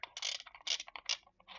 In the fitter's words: and let's hear that click